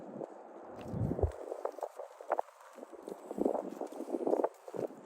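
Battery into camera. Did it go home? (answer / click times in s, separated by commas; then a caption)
no / none. Someone handles a camera while swapping its battery, producing soft scattered handling rustles and low thumps, loudest around 1.0–1.3 s, over a steady high hiss. The new battery has not clicked into place yet.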